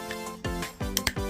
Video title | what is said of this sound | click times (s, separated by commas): JW Hammond Collection: SINOCERATOPS 🟡Epic🟡 unboxing & review... | There you go. Hear the snapping. | 1.0 s, 1.1 s